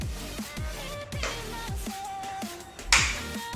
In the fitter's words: once you hear the click then it's already on